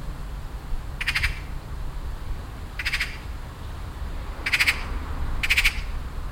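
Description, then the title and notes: Eurasian magpie producing four coarse, clattering bursts, the last two louder and closer together, over a steady low hum. Magpie in a tree in a garden, loudly signalling; wind rustling in birch trees; Rilkestrasse, Weiden, Cologne (Refrath); nearfield recording. "cologne, weiden, rilkestrasse, elster. Refrath. elster in baum in einem garten, laut signal gebend, ein pkw fährt vorbei, das rauschen des windes in den birkenbäumen soundmap nrw"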